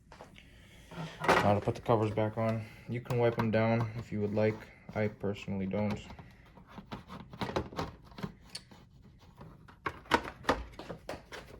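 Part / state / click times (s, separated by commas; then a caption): plastic side cover onto game console housing / not seated / none. A plastic side cover is handled as it is being put back onto a game console housing, with someone talking during the first half. Several sharp taps and light plastic knocks follow, with louder ones near 7.6 s and between 9.9 and 10.5 s. Nothing has seated or clicked yet; the panel is not home by the end.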